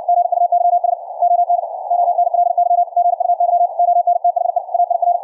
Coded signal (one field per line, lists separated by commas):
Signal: Morse code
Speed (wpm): 64 wpm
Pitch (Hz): 700 Hz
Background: none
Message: GUYS ON ONLY GUY ON THE AIR